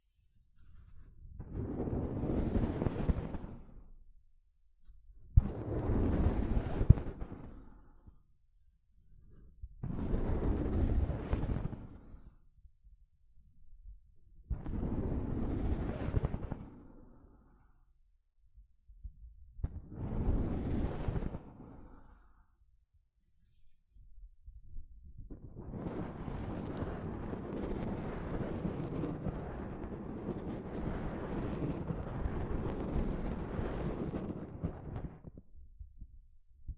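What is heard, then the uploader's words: Soft fabric brushes over a microphone in five separate strokes, each about two seconds long with short silences between, swelling and fading with a deep rumbling rustle. From about 25 seconds the rubbing turns continuous and steady, a dense low scraping hiss until the end. ASMR Mic Brushing using Soft Fabric (No Talking).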